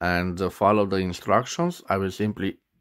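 Someone talks while handling a plastic ink cartridge at the section of a metal-bodied Jinhao 911 Steel Dragon fountain pen, getting ready to push it onto the feed. Only speech is heard, and it stops near 2.6 s, followed by near silence. The cartridge has not seated or clicked yet.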